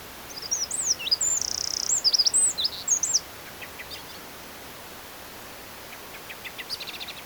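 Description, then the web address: Eurasian wren song burst of high, fast twittering notes with a short buzzy trill, lasting about three seconds, then fainter scattered chirps against soft background hiss. "SETE data Troglodytes troglodytes"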